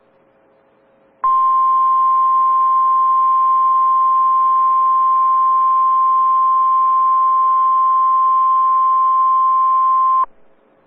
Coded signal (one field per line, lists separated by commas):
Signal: Emergency Alert System (SAME) tones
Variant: 1050 Hz attention tone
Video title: EAS (Live Voice!) Required Weekly Test Central Iowa/Far Southern Minnesota NOAA Weather Radio